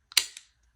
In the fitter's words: make sure you hear that positive click